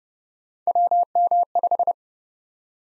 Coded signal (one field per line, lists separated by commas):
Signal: Morse code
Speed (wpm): 32 wpm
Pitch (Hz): 700 Hz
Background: none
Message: WM5